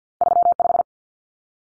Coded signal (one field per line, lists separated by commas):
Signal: Morse code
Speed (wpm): 50 wpm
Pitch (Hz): 700 Hz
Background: none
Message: 35